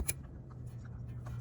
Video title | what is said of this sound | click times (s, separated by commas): Power Steering Sensor Replacement For 2009-2014 Nissan Maxima | all right I heard the click hopefully the camera pick up the click so we're all done | 0.1 s